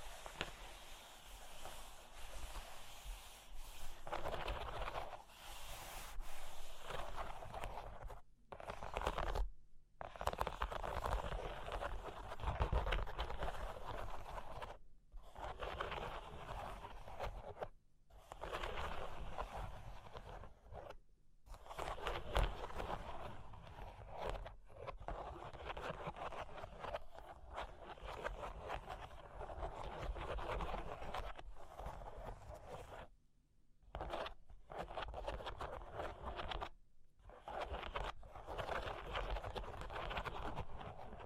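Scratching and rubbing on cork and wood go on nearly nonstop, a dry, rough texture that swells and eases in strokes. Brief full silences break it up, around 8 to 10, 15, 21, 33 and 37 seconds, with occasional soft knocks.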